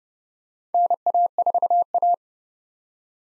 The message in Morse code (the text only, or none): NA4A